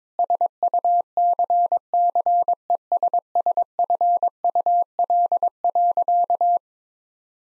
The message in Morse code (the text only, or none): SUCCESSFUL.